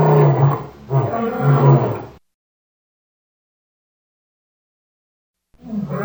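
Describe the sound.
Lion producing two low, rough roars at the start, then several seconds of silence before another deep roar begins.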